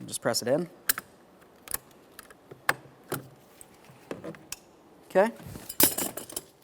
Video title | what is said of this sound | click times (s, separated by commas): How to Replace Front Exterior Door Handles 2004-2008 Ford F-150 | I have an audible click from that. | 2.7 s